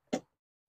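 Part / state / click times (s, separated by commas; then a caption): tub locking mechanism on a yard dump cart / released / 0.1 s. The locking lever on a BILT poly yard dump cart is pulled up and the tub lifted, giving a single sharp, broadband hit at 0.1 s. The hit fades within about a tenth of a second into silence as the lock releases so the tub can tip.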